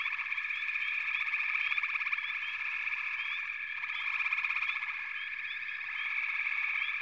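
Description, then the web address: Dense frog chorus: unbroken high-pitched trilling with many small rising chirps sprinkled through, the level holding nearly even. "Natures Songs Sleep Sounds of Nature FROGS Frog Chorus"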